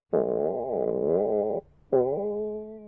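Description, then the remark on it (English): A stomach growling in two loud, tonal gurgles: a long wavering rumble lasting over a second, a brief pause, then a shorter, steadier groan. No one talks. “Hey, that's not my stomach growling, I promise you.”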